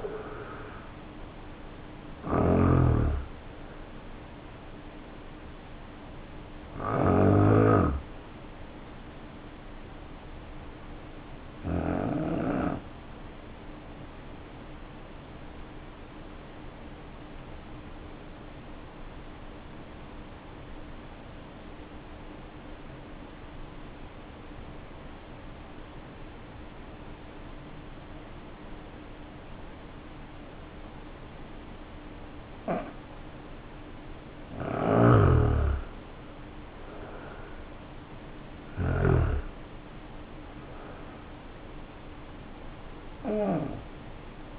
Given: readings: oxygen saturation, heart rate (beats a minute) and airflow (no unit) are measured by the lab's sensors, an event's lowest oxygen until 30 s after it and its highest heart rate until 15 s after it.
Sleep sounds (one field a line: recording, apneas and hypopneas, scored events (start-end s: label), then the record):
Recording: breathing in sleep by a voice recorder at the bedside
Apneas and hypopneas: 1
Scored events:
10.00-35.60 s: hypopnea (N1, oxygen 94% highest, then 78% lowest, heart rate 51 at the start, 70 highest)
30.00-44.59 s: new sleep stage, N2 (light sleep)
From the record:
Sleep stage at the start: N1 (lightest sleep)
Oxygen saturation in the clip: 74 to 94%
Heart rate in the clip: 50 to 75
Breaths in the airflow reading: 7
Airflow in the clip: -5.3 to 6.0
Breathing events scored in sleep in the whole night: 520 in 7.2 hours asleep